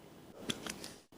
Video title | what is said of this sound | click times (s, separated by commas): EndoGrab Training for Samples DOC 1038 | continue to pull back on the introducer trigger until you hear another click | 0.5 s